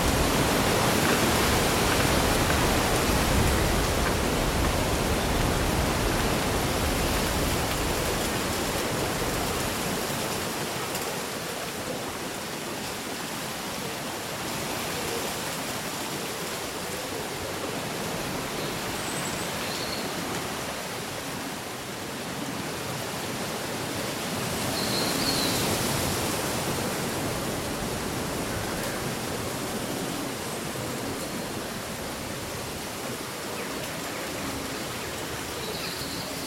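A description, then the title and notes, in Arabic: Wind blows through rustling leaves on a gusty summer day, a dense, steady hiss that is strongest and deepest in the first ten seconds, then eases slightly. Faint, brief bird chirps break through here and there, notably around 20 and 25 seconds. يوم صيفي عاصف مع همس الأوراق وغناء الطيور. تخيل نفسك في مستنقع مشمس، محاطًا بأشجار مهيبة تتأرجح بلطف في نسمات الهواء اللطيفة. ترتجف الأوراق بلطف كما لو أنها تشارك الرياح أسرارًا.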